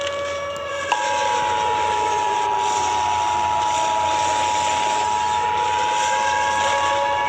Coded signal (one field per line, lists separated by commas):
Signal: Emergency Alert System (SAME) tones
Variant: 853 and 960 Hz attention tone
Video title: Emergency Alert System ( Micah 2:10 )